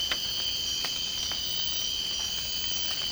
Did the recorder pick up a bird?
no